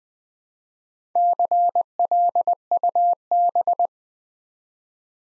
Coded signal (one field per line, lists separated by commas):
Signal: Morse code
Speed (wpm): 20 wpm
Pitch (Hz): 700 Hz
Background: none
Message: CLUB